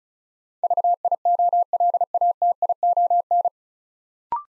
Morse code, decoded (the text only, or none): VIOLATION